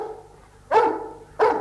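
dog barking

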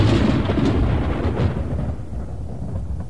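violent thunderclap

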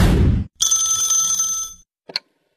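telephone ringing

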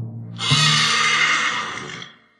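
horse neighing

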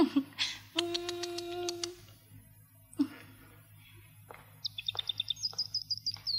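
caged pet bird chirping

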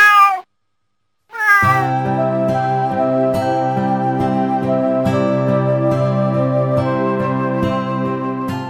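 cat meowing and purring

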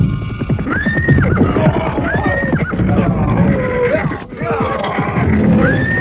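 horse neighing

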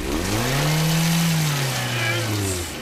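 car engine revving

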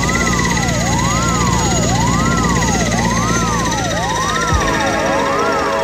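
helicopter landing

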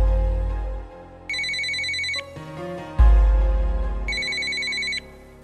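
telephone ringing

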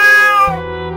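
cat meowing

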